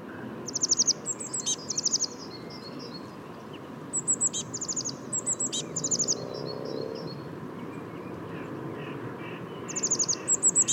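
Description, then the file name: Eurasian blue tit giving repeated bursts of high rapid notes, each followed by softer twitters, three bouts throughout over steady hiss. "Cyanistes caeruleus"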